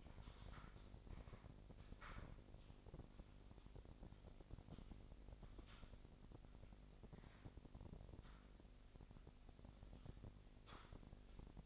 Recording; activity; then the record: daily activity, microphone in the room; typing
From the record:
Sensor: 5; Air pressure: 1007.7 hPa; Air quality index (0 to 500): 95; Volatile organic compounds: 1 ppm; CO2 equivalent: 748 ppm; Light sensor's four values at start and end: 43/100/41/44 and 42/99/41/43